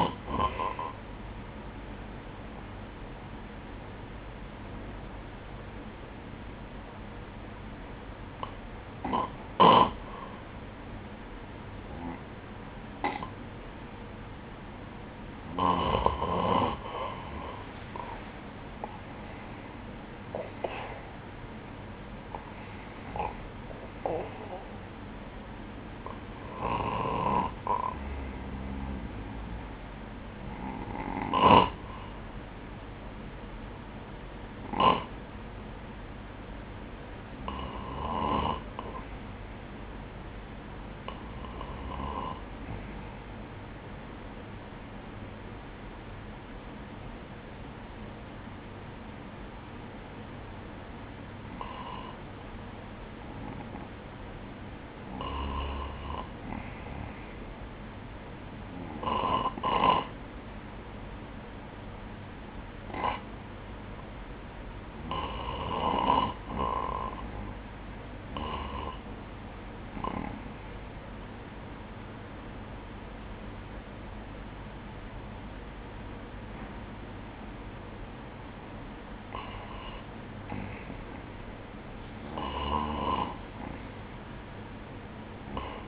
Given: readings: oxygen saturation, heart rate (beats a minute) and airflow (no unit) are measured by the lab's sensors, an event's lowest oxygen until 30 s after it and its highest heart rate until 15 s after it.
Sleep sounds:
breathing in sleep by a voice recorder at the bedside; 2
33.00-54.80 s: hypopnea (N1, oxygen 97% highest, then 93% lowest, heart rate 62 at the start, 67 highest)
61.00-80.30 s: hypopnea (N1, oxygen 96% highest, then 92% lowest, heart rate 62 at the start, 67 highest)
74.00-85.88 s: new sleep stage, REM sleep
From the record:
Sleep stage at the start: N1 (lightest sleep); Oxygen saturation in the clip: 93 to 97%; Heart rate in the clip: 59 to 76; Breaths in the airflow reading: 19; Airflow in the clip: -8.9 to 10.0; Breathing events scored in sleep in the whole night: 180 in 6.7 hours asleep

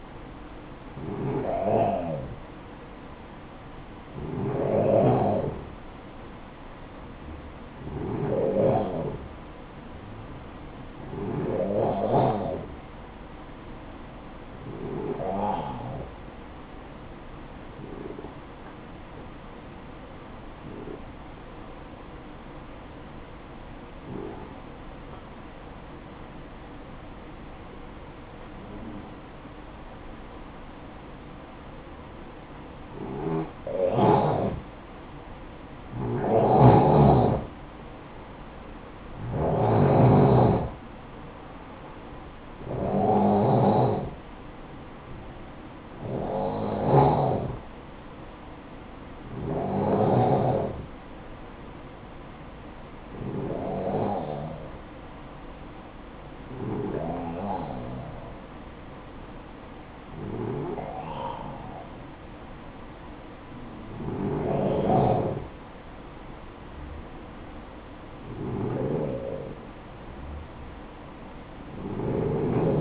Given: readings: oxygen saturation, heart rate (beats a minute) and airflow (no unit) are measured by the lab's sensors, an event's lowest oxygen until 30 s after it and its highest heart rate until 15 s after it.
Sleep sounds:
breathing in sleep by a voice recorder at the bedside; 1
19.00-38.30 s: hypopnea (N2, oxygen 94% highest, then 91% lowest, heart rate 59 at the start, 66 highest)
From the record:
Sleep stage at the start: N2 (light sleep); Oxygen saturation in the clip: 91 to 96%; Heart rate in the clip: 58 to 66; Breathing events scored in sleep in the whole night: 573 in 9.8 hours asleep

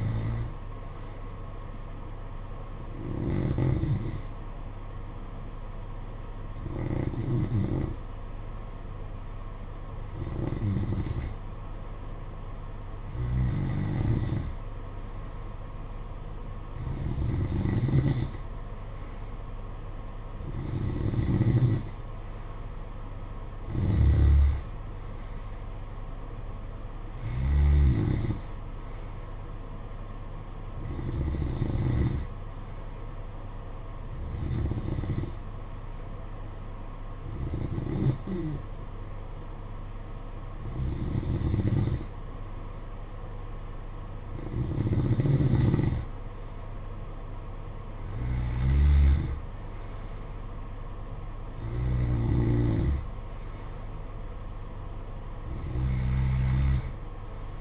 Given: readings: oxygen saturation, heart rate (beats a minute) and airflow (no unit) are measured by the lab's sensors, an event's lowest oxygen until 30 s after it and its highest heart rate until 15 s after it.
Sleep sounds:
breathing in sleep by a smartphone at the bedside; 1
4.00-23.70 s: hypopnea (N2, oxygen 94% highest, then 92% lowest, heart rate 53 at the start, 59 highest)
From the record:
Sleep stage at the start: N2 (light sleep); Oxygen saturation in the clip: 90 to 94%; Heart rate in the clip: 53 to 59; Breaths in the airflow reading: 17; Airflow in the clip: -8.2 to 9.8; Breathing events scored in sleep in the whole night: 476 in 9.7 hours asleep

